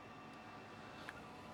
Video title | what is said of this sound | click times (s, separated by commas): Lab Tour by Craniofacial Australia - Live Steam (Part 2 of 2) | It locks into place there. | 1.1 s